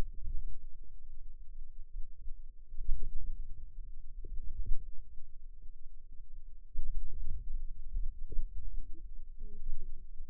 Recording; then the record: forearm muscle sounds (acoustic myography)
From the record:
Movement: ulnar deviation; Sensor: system 2, bracelet of six BSWA MPA416 microphones around the upper forearm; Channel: 1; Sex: female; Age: 21 years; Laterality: right